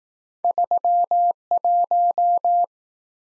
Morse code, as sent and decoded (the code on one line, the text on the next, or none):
...-- .----
31